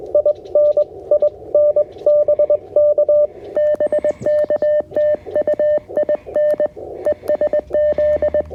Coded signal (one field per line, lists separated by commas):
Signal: Morse code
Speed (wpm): 22 wpm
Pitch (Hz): 590 Hz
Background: radio noise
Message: IN IN BK BK TU IN ES Z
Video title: QRP CW POTA Activation at Eisenhower State Park | CFT1 + KJ6ER Challenger OCF Dipole